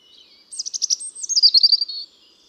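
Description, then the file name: European robin song, a high, fast, pulsing trill followed by a wavering, descending warble, the phrase lasting about one and a half seconds. "Erithacus rubecula"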